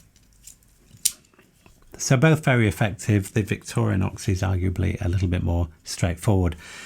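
Someone presses the lock release on an internally accessible folding tool in a steel Leatherman Wave+ multitool handle and folds the tool back. Faint small clicks lead to one sharp click at 1.1 s as the lock releases. Someone talks from about 2 seconds to the end.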